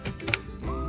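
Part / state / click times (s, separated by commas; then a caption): garden hose quick connector onto water flow meter inlet / seated / 0.3 s. A garden hose's plastic quick-connect fitting is pushed onto the inlet connector of a Verve LCD water flow meter. A sharp click at 0.3 s marks the connector engaging, and the fitting is seated.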